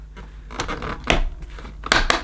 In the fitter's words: Right, that's clicked in place.